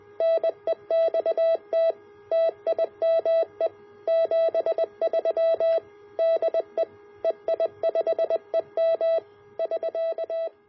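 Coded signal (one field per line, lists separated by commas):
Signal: Morse code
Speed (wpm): 20 wpm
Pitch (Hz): 660 Hz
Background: none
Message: NEXT TIME 73 DE EI5EM <SK>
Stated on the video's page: Received on 2m and 70cm with a homemade dual-band dipole made from two wire coat-hangers.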